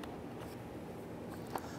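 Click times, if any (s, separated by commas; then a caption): 1.6 s. An electrical connector is lined up and pressed into the shift interlock latch socket of a 2005-2010 Chrysler 300. After a faint tick at the start and low steady background noise, a single sharp click sounds at 1.6 s as the connector locks into place and is seated.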